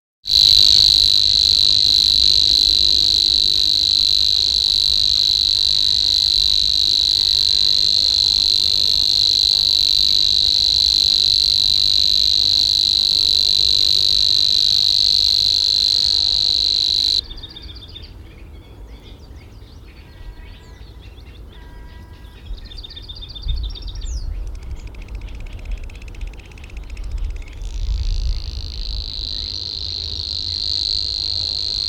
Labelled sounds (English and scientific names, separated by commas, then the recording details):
Savi's Warbler (Locustella luscinioides) song
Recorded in the wild
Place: Schwerin, Schweriner Außensee, Mecklenburg-Vorpommern, DE
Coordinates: 53.721, 11.461
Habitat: lake
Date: 1975-05-09
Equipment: Nagra III BH, Sennheiser MD 21, parabola
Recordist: Schubert, Michael
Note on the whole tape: Gesang Rohrschwirl